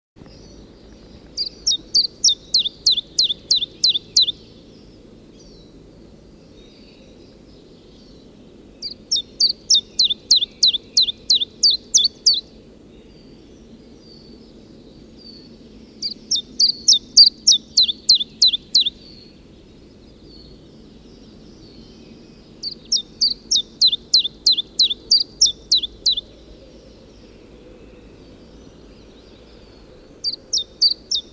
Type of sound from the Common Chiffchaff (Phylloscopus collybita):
song